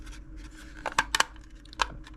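A plastic snap-fit piece is pressed into place on a model covered hopper car, with a few short plastic ticks and scrapes before it snaps home at 1.1 seconds. A second sharp click follows just after, then a lone tick near 1.8 seconds. The part is seated.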